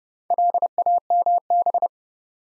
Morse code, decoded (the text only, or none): LAMB